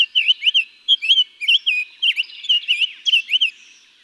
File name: Summer Tanager